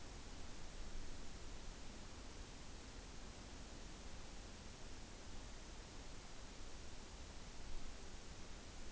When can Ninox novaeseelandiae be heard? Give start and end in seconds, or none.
none